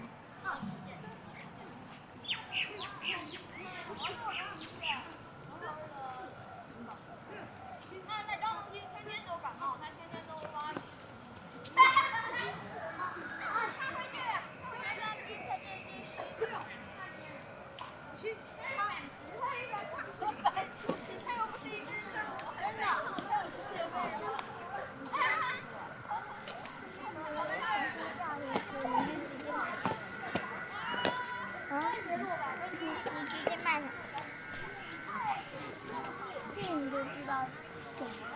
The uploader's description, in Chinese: 北京地坛